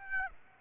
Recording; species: mosquito wingbeat signal from an infrared sensor; Aedes aegypti